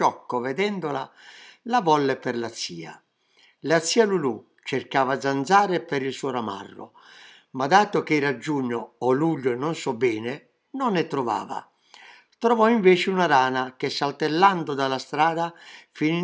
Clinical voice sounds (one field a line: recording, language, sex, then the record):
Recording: read passage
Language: Italian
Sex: male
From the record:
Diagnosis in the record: healthy control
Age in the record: 77 years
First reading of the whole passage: 68 s, 7.6 characters per second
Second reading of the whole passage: 60 s, 8.3 characters per second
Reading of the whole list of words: 67 s, 4.2 characters per second